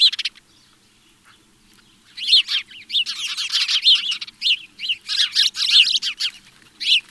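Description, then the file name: House sparrow chirping, a quick tweet then a pause of two seconds before a busy stream of overlapping cheeps and chatter that keeps going. "Passer domesticus"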